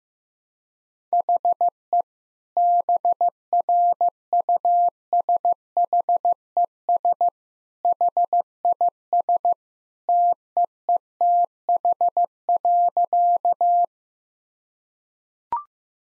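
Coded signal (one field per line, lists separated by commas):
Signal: Morse code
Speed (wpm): 16 wpm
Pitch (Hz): 700 Hz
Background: none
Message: HE BRUSHES HIS TEETH.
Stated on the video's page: Morse practice of easy sentences with contextual hints at 15 wpm.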